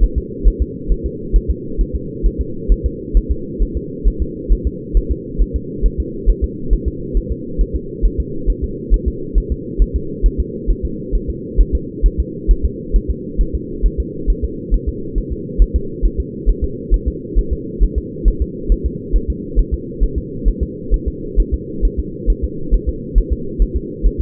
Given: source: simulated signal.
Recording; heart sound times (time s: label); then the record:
fetal heart sounds
0.03 s: S1
0.18 s: S2
0.47 s: S1
0.62 s: S2
0.92 s: S1
1.06 s: S2
1.36 s: S1
1.50 s: S2
1.81 s: S1
1.95 s: S2
2.26 s: S1
2.41 s: S2
2.72 s: S1
2.86 s: S2
3.17 s: S1
3.31 s: S2
3.62 s: S1
3.77 s: S2
4.08 s: S1
4.22 s: S2
4.52 s: S1
4.67 s: S2
4.97 s: S1
5.11 s: S2
5.41 s: S1
5.56 s: S2
5.86 s: S1
6.00 s: S2
6.29 s: S1
6.44 s: S2
6.73 s: S1
6.88 s: S2
7.17 s: S1
7.31 s: S2
7.61 s: S1
7.76 s: S2
8.05 s: S1
8.20 s: S2
8.50 s: S1
8.64 s: S2
8.94 s: S1
9.08 s: S2
9.38 s: S1
9.52 s: S2
9.82 s: S1
9.96 s: S2
10.26 s: S1
10.40 s: S2
10.70 s: S1
10.85 s: S2
11.15 s: S1
11.30 s: S2
11.61 s: S1
11.75 s: S2
12.06 s: S1
12.20 s: S2
12.51 s: S1
12.65 s: S2
12.96 s: S1
13.10 s: S2
13.41 s: S1
13.55 s: S2
13.86 s: S1
14.00 s: S2
14.30 s: S1
14.44 s: S2
14.74 s: S1
14.89 s: S2
15.18 s: S1
15.32 s: S2
15.62 s: S1
15.76 s: S2
16.05 s: S1
16.20 s: S2
16.49 s: S1
16.64 s: S2
16.94 s: S1
17.08 s: S2
17.39 s: S1
17.53 s: S2
17.83 s: S1
17.98 s: S2
18.28 s: S1
18.42 s: S2
18.72 s: S1
18.86 s: S2
19.16 s: S1
19.30 s: S2
19.59 s: S1
19.74 s: S2
20.03 s: S1
20.18 s: S2
20.48 s: S1
20.63 s: S2
20.94 s: S1
21.08 s: S2
21.40 s: S1
21.54 s: S2
21.85 s: S1
22.00 s: S2
22.30 s: S1
22.44 s: S2
22.74 s: S1
22.89 s: S2
23.18 s: S1
23.32 s: S2
23.62 s: S1
23.76 s: S2
24.06 s: S1
24.21 s: S2
From the record:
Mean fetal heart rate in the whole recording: 135 bpm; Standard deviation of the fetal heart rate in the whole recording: 3 bpm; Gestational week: 36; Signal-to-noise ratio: -4.3 dB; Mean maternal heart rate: 72 bpm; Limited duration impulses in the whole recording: absent